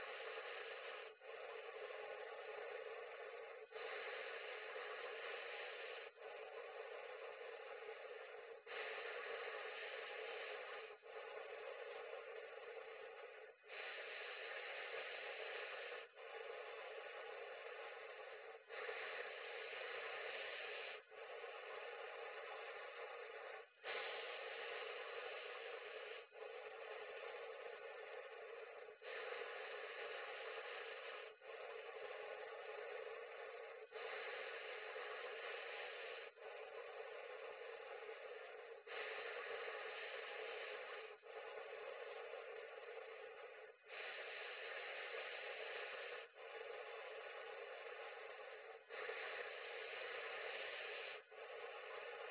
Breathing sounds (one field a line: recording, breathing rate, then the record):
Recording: paced breathing near a phone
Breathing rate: 12 breaths a minute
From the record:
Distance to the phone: 40 cm